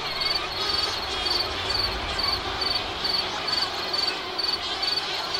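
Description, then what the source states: Repeated high cricket chirps, evenly spaced about twice per second, with a constant noisy hum of other sound behind them. Crickets on an island.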